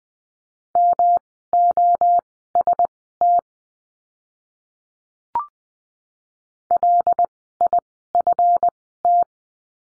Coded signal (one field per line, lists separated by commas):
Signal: Morse code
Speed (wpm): 20 wpm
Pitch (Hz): 700 Hz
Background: none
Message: MOST LIFT